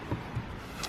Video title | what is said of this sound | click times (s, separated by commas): WINTER Motorhome CHECKS - 2020 Update - BUCKET LIST Trip - Ep201 | that locks in place there now | 0.8 s